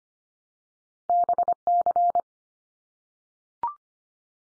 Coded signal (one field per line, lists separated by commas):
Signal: Morse code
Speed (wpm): 25 wpm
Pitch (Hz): 700 Hz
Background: none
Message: BC